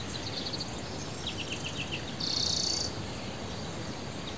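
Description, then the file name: European greenfinch calls: a few quick twittering notes, then a sustained, even, buzzy wheeze lasting under a second, over steady background hiss. "Chloris chloris"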